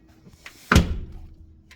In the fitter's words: I can hear a click already and then I should break this up